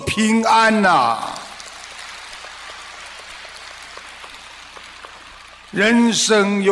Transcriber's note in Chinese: 掌声